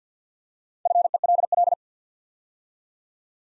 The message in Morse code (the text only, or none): FELL